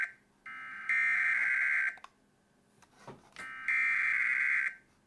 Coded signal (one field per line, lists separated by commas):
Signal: Emergency Alert System (SAME) tones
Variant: header bursts